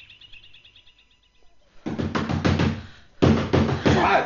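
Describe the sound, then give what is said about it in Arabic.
Loud, rapid knocking on a room door in two insistent bursts, the first a quick run of heavy raps, then a short pause before another pounding flurry. A faint high chirping precedes it. “افتحي باب الغرفة.”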